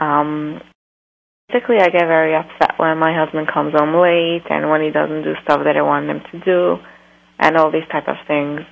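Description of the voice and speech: An adult woman speaks fluently and clearly over a narrow phone-like line, with ordinary voice and rhythm.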